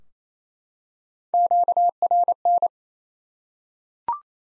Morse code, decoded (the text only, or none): QRN